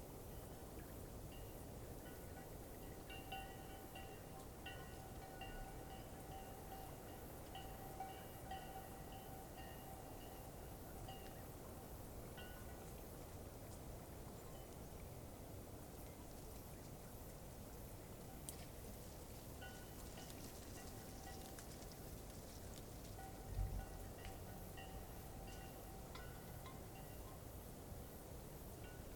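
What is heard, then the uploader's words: Night ambience beside Taylor Lake: a steady, dense low rush fills the whole stretch without letup. Faint thin tones hover above it, drifting in and out in patches, and a single soft knock stands out at about 23 seconds. This was recorded on a cloudy night beside Taylor Lake in the Russian Wilderness, Klamath National Forest, Siskiyou County, California. The recording starts at around midnight and continues until sunrise. The night was fairly calm with a faint breeze blowing through the treetops. Midnight Till Morning Beside Taylor Lake.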